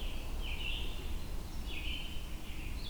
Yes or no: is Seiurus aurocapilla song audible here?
no